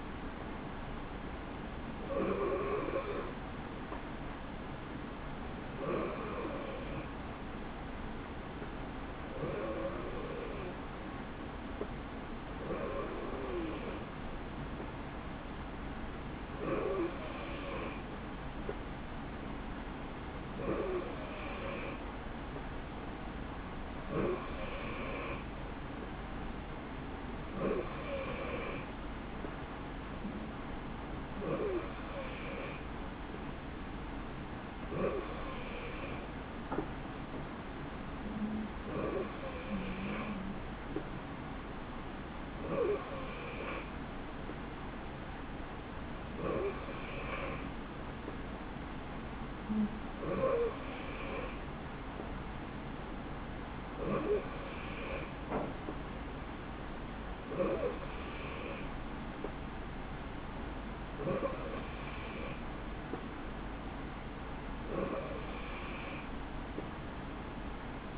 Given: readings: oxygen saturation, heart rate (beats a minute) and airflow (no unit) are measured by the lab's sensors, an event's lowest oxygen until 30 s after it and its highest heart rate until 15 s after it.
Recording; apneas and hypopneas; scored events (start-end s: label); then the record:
breathing in sleep by a voice recorder at the bedside; none
none scored
From the record:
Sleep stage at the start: N3 (deep sleep); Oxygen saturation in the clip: 89 to 91%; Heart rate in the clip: 63 to 71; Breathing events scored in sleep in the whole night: 160 in 9.3 hours asleep